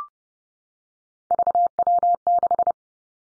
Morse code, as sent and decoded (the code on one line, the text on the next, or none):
...- .-- -....
VW6